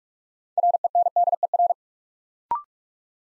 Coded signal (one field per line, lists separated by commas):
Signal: Morse code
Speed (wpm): 44 wpm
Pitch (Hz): 700 Hz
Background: none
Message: RENDER